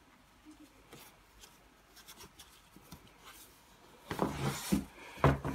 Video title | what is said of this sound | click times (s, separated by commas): How to Mount the Bassinet / Carrycot to the Frame of a Bugaboo Fox | again just attaches in like this and locks | 5.2 s